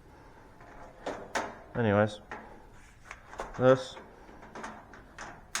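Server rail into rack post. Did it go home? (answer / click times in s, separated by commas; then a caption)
yes / 5.5 s. A server rail is slid into the rack posts while someone talks, with scattered metallic knocks and scrapes along the way. Its quick clips lock into the square holes of the rack with a sharp click at 5.5 seconds, and the rail is seated.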